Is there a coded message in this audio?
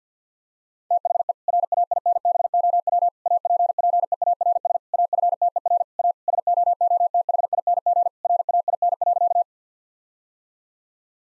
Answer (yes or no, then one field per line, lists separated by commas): yes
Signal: Morse code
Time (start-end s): 0.9-9.4 s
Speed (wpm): 50 wpm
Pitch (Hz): 700 Hz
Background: none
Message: THE RAINBOW APPEARS AFTER A SOOTHING RAIN.